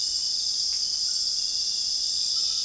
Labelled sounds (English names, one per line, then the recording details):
none
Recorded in dense forest near Puerto Asís, Putumayo, Colombia, on 20 February 2024 at 02:00
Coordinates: 0.481, -76.318
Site G6421